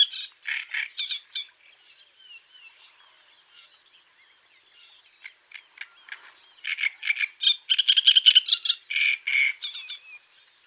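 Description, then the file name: Great reed warbler song: rasping, guttural notes at the start, a quieter stretch of faint ticks, then a loud run of harsh, repeated, creaking phrases. "Rousserolle turdoide"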